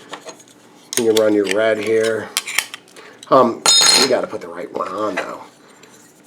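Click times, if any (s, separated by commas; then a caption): none. Someone talks while handling an interchangeable side panel, bringing it to the box body of a SunBox E8 Modulos vape mod, with a few light handling taps and knocks heard around 0.9 s and 2.6–3.0 s. The panel has not yet been pressed home, and nothing has seated or snapped into place yet.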